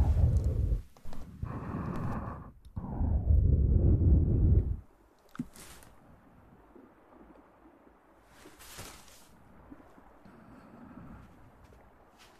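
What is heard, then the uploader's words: Ear massage with mouth sounds: loud rubbing bursts for five seconds, then quieter soft brushing, with brief crisp hisses near six and nine seconds. Ear massage & Mouth sounds.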